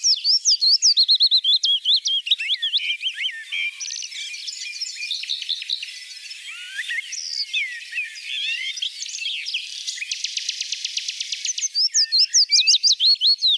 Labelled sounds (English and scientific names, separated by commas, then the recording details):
Willow Warbler (Phylloscopus trochilus) song
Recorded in the wild
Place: Merdingen bis Ihringen / Kaiserstuhl, Baden-Württemberg, DE
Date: 1980-05-18
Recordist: Schwarz, Dieter